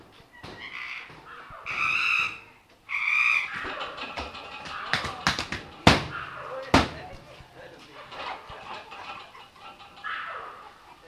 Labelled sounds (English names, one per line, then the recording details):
Collared Mangabey call
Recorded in captivity
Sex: male
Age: adult
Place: Zoo Prag, CZ
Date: 1967-09-14 11:00
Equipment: Uher 4000 Report-S, Transistorverstärker II, Sennheiser MD 421
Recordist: Tembrock, Günter
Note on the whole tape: Rotkopfmangabe. Rufe, wohl durch die Unruhe bei den Schimpansen ausgelöst (im Innenraum, durch die offene Außentür aufgenommen). Abstand: ca. 15 m. Aufnahme zw. 11.00 und 14.00 Uhr